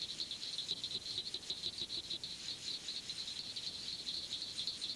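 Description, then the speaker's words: Southern cricket frog: sharp, high clicks repeated rapidly, with faint lower tapping notes beneath. Abundant statewide in Florida and heard year-round; call likened to the sound of two marbles struck together. "Its call has been likened to the sound produced by striking two marbles together."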